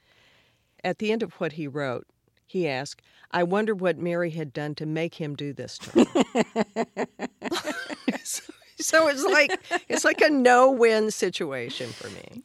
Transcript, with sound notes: At the end of what he wrote, he asked, I wonder what Mary had done to make him do this to her.
(LAUGHTER)
So it's like a no-win situation for me.